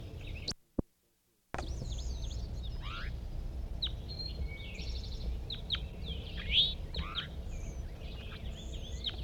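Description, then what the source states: Crossbill calls, a series of short sharp chips repeated irregularly, over a low steady rumble, with a brief click inside a short silent gap near the start. Large race.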